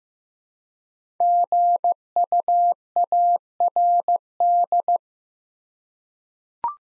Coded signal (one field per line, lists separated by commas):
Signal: Morse code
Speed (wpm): 15 wpm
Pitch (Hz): 700 Hz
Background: none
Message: GUARD